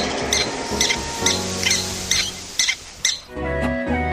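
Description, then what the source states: Mexican prairie dog alarm calls, sharp high chirps repeated roughly twice a second, over steady background music. Lives in large colonies; alarm call given when foxes, coyotes or hawks come too close, after which the animals quickly hide in the burrow.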